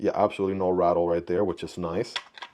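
Someone talks while handling a Vosteed Inferno fixed blade knife being pushed back into its molded sheath, with the blade held with no rattle. A couple of faint handling taps come near the end, but nothing has seated or clicked yet.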